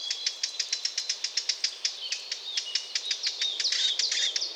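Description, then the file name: Eurasian blackcap tacking in a fast train of hard clicks, then overlapping short whistled notes near the end. "Sylvia atricapilla"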